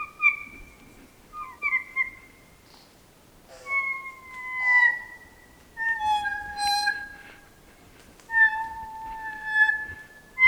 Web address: sound kōkako. دانلود-صدای-پرنده-کوکاکو